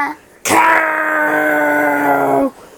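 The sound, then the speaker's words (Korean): A single loud roaring howl of a Tyrannosaurus, showing how to howl, bursts in suddenly and holds a steady, rich-toned pitch for about two seconds before dropping away, with no talking over it. “울부짖는 법도 가르쳤습니다.”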